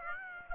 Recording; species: mosquito wingbeat signal from an infrared sensor; Aedes aegypti